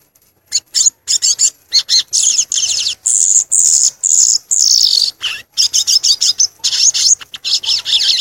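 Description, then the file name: Violaceous euphonia song: a dense, continuous run of shrill, buzzy high phrases and chips in quick succession, with only short breaks. "canto do gaturamo verdadeiro"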